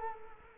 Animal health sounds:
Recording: mosquito wingbeat signal from an infrared sensor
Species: Culex quinquefasciatus

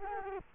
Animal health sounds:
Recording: mosquito wingbeat signal from an infrared sensor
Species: Culex quinquefasciatus

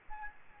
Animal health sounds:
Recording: mosquito wingbeat signal from an infrared sensor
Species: Aedes albopictus

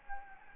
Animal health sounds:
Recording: mosquito wingbeat signal from an infrared sensor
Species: Anopheles gambiae

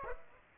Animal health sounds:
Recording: mosquito wingbeat signal from an infrared sensor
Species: Aedes aegypti

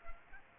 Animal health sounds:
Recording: mosquito wingbeat signal from an infrared sensor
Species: Aedes aegypti

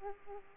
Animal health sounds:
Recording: mosquito wingbeat signal from an infrared sensor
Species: Aedes aegypti

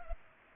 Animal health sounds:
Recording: mosquito wingbeat signal from an infrared sensor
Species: Culex pipiens

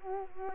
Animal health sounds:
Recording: mosquito wingbeat signal from an infrared sensor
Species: Culex quinquefasciatus

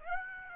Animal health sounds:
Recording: mosquito wingbeat signal from an infrared sensor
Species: Aedes aegypti

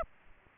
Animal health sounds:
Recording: mosquito wingbeat signal from an infrared sensor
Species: Aedes aegypti

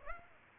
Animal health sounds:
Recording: mosquito wingbeat signal from an infrared sensor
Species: Aedes aegypti

